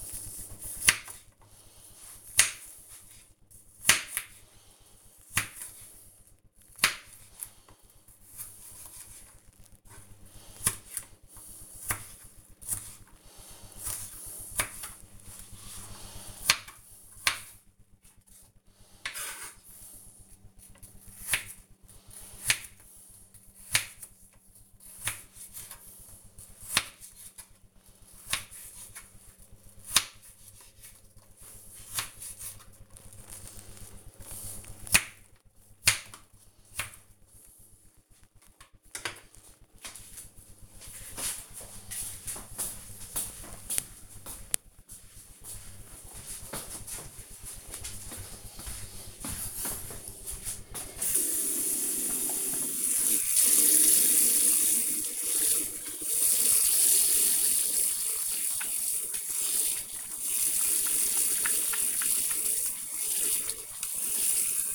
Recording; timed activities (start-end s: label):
household activities, microphone on the right wrist
0.00-37.87 s: cutting vegetables
50.95-64.75 s: washing hands